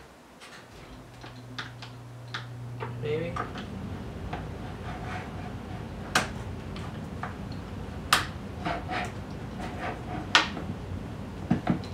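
The plunge lock on a Milwaukee plunge track saw's plastic and metal housing is being worked as the saw body is pushed down to the blade-change position so the arbor is exposed. Several knocks and clicks sound while someone talks. Nothing has seated or clicked into place yet.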